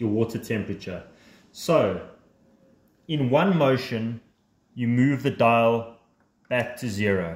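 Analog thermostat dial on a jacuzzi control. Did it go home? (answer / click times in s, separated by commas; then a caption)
no / none. Someone talks while the dial of an analog hot tub (jacuzzi) thermostat control is handled, ready to be turned back to zero in one motion to reset it for raising or lowering the water temperature. Nothing has clicked yet; the reset is not complete within the clip.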